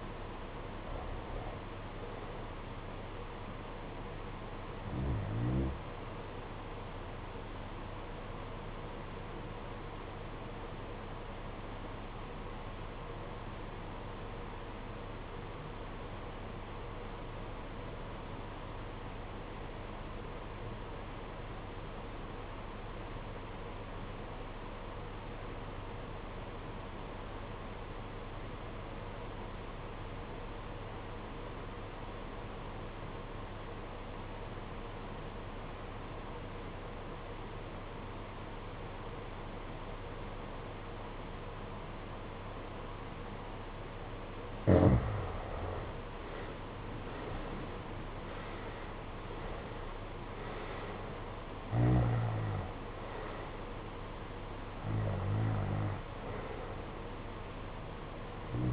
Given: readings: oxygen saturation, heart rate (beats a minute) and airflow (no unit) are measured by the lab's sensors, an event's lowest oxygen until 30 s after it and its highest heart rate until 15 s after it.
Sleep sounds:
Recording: breathing in sleep by a voice recorder at the bedside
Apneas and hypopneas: 1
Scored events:
9.00-45.70 s: obstructive apnea (REM, oxygen 94% highest, then 72% lowest, heart rate 62 at the start, 91 highest)
From the record:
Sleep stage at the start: REM sleep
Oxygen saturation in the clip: 71 to 94%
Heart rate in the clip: 54 to 91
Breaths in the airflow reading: 7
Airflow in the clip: -14.8 to 13.2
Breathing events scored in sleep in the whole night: 476 in 9.7 hours asleep

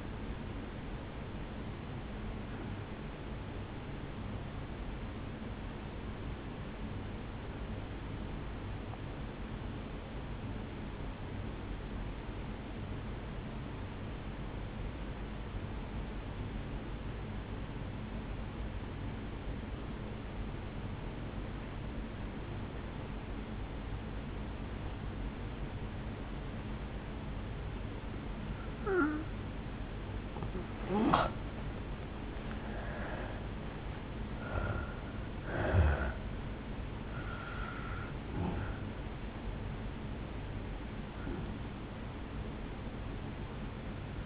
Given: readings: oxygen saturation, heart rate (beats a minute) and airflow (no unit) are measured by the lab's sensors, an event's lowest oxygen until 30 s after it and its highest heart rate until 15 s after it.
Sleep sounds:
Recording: breathing in sleep by a voice recorder at the bedside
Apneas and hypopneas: 1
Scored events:
9.00-27.90 s: obstructive apnea (N2, oxygen 96% highest, then 81% lowest, heart rate 54 at the start, 72 highest)
35.00-44.26 s: new sleep stage, N1 (lightest sleep)
From the record:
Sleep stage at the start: N2 (light sleep)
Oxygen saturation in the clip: 82 to 96%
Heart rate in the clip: 52 to 72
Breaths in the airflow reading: 7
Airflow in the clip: -8.1 to 3.7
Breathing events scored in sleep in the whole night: 449 in 7.0 hours asleep

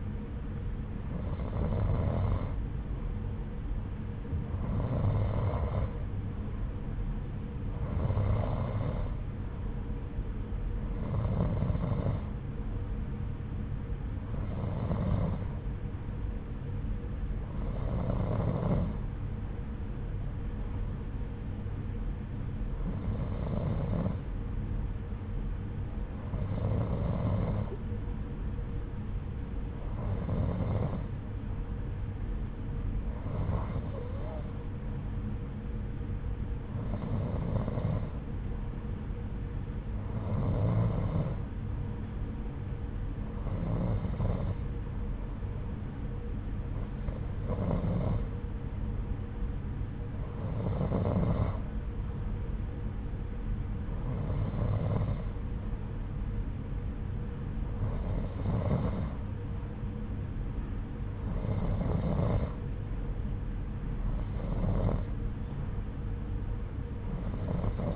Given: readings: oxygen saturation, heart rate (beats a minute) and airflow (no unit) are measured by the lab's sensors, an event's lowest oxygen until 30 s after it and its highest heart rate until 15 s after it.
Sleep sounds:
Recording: breathing in sleep by a smartphone at the bedside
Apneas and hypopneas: none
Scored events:
none scored
From the record:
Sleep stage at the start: N2 (light sleep)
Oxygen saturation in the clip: 89 to 91%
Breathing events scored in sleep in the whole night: 303 in 8.1 hours asleep

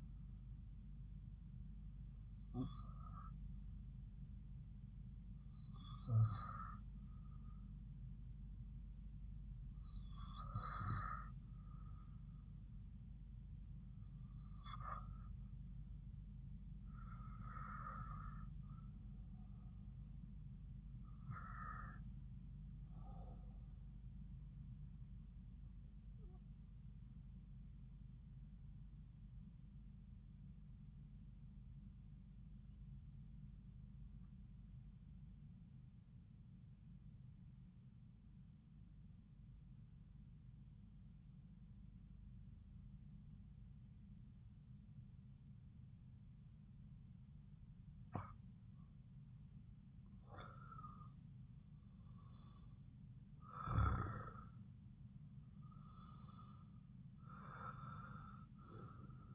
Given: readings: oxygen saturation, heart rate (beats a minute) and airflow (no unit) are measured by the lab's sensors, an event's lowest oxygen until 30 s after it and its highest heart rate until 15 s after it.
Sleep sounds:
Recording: breathing in sleep by a smartphone at the bedside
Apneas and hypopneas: 1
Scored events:
32.00-48.40 s: obstructive apnea (N1, oxygen 93% highest, then 87% lowest)
From the record:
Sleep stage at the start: N1 (lightest sleep)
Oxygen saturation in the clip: 89 to 95%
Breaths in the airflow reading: 11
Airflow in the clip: -7.6 to 5.8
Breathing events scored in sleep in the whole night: 270 in 6.1 hours asleep

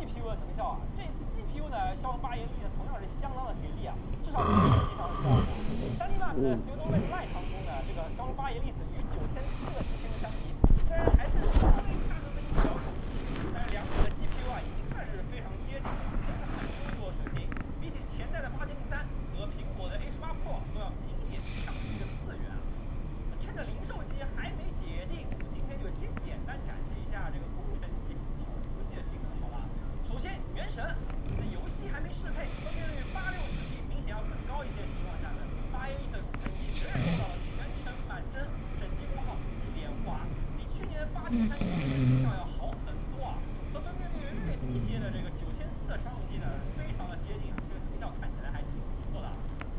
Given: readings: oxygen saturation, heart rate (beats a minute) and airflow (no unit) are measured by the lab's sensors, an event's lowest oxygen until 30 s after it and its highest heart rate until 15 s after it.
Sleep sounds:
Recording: a person awake in a sleep study, by a smartphone at the bedside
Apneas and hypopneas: none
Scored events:
0.00-49.78 s: awake
From the record:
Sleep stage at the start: awake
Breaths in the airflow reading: 14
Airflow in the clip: -0.7 to 0.7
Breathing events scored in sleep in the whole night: 403 in 5.5 hours asleep

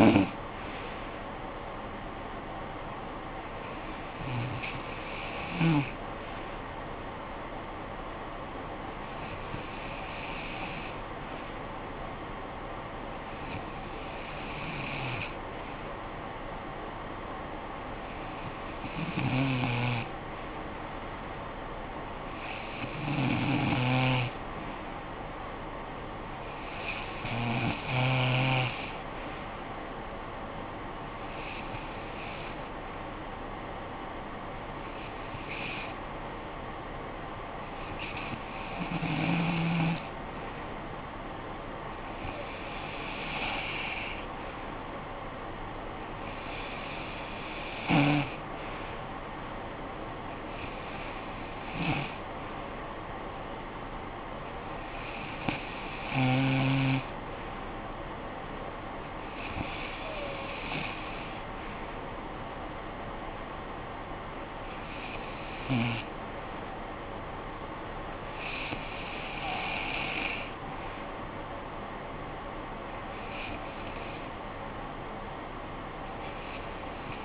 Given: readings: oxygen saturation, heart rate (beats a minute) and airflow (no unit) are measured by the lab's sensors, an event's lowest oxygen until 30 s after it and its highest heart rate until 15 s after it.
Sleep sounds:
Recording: breathing in sleep by a voice recorder at the bedside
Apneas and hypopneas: 1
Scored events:
21.00-48.10 s: hypopnea (REM, oxygen 96% highest, then 92% lowest, heart rate 60 at the start, 61 highest)
From the record:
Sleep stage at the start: REM sleep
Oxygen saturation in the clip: 92 to 96%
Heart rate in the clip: 52 to 61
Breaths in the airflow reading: 18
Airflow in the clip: -11.4 to 5.9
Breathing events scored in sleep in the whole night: 445 in 7.6 hours asleep

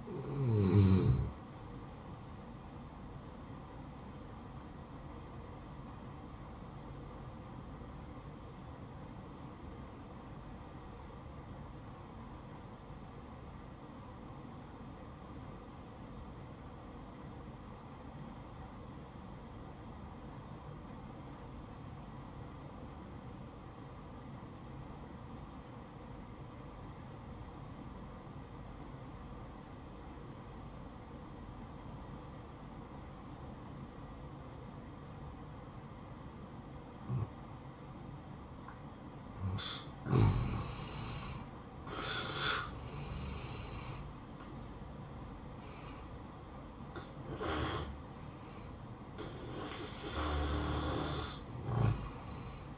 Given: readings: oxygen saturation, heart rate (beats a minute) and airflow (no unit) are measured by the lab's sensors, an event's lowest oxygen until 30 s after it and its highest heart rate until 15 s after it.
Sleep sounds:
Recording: breathing in sleep by a smartphone at the bedside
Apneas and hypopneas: 1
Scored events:
7.00-42.20 s: obstructive apnea (N1, oxygen 95% highest, then 85% lowest, heart rate 62 at the start, 74 highest)
14.00-44.00 s: new sleep stage, N2 (light sleep)
44.00-52.78 s: new sleep stage, N1 (lightest sleep)
From the record:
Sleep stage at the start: N1 (lightest sleep)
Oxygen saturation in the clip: 85 to 95%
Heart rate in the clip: 59 to 74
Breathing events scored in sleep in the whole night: 573 in 9.8 hours asleep

